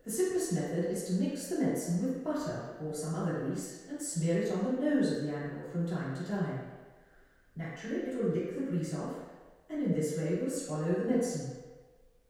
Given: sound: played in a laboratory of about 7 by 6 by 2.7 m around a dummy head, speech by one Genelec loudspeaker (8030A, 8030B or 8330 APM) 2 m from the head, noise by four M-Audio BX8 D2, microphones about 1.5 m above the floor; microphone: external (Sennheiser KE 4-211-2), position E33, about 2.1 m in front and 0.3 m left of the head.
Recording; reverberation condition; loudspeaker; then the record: female speech in English; high; behind (180 degrees)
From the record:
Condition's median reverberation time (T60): about 1300 ms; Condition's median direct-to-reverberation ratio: about -4.0 dB